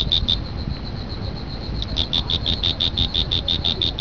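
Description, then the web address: Cricket chirping in high, rhythmic pulses, briefly fainter midway before resuming strongly. "特酷声音素材库 动物 昆虫 蟋蟀"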